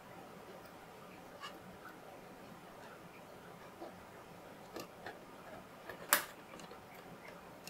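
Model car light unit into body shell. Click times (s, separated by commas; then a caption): 6.1 s. A plastic light unit is pressed into its mounting on the die-cast body shell of a 007 Aston Martin DB5 model car, with a few faint ticks and taps against quiet background noise. The light unit snaps into place with a sharp click at 6.1 seconds.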